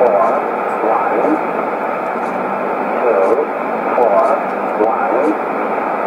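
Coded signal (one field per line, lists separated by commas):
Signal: numbers station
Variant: E07a, English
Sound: faint, distorted spoken words buried under steady shortwave hiss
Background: radio static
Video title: 28 08 2015 Numbers Station E07a in English 1510 on 12213 USB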